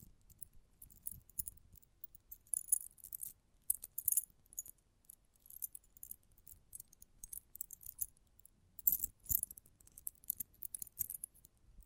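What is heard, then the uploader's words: Close-up metallic sounds: small bright clinks and jingles, like coins or keys being handled, come in irregular clusters throughout. Busier bursts land near 2.5, 4 and 9 seconds, with soft low thumps of handling beneath and brief quiet gaps between. ASMR Close Up Metallic Sounds (No Talking).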